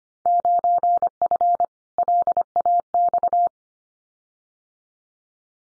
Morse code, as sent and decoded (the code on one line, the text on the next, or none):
----. ..-. / .-.. .- -..-
9F LAX